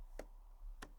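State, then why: Not seated. The second part of a composite cladding corner trim, the cover piece, is pushed onto the corner base piece already fitted on a workshop wall. Two short, sharp ticks sound at about 0.2 s and 0.8 s over a low steady background. Nothing has seated or clicked into place yet.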